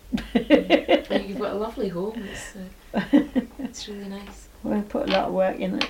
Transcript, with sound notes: You've got a lovely home. [laughs] It's really nice.
We've put a lot a work in it.